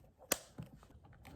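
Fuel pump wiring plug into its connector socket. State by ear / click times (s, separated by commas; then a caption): seated / 0.3 s. A keyed electrical wiring plug on the fuel pump assembly of a Husqvarna FE501 is pushed into its mating connector socket during reassembly. A single sharp, loud click at 0.3 s marks the plug seating, followed by a few faint, soft knocks and handling sounds.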